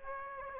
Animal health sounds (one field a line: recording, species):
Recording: mosquito wingbeat signal from an infrared sensor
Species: Aedes aegypti